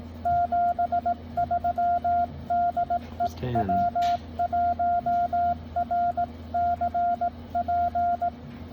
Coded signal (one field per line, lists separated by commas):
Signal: Morse code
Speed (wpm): 18 wpm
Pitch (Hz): 700 Hz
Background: none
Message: 73 DE W1RCP